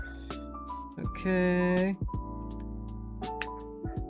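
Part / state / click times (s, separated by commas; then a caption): small plastic model kit piece onto the kit assembly / seated / 3.4 s. A small plastic model kit piece is pressed onto the kit assembly while music plays in the background and someone talks. A sharp snap at 3.4 s shows the piece has clicked home and is seated.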